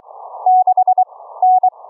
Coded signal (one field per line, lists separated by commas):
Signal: Morse code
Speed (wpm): 22 wpm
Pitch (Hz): 730 Hz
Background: none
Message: 6 N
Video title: Experimental Homebrew Remote Rig CW keying, Remote Rig duplex audio, using an AV Linux LIVE CD